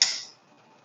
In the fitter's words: All right. Hear that click, and here's that click on the other side.